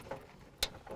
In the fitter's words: Once you hear it click, it's installed.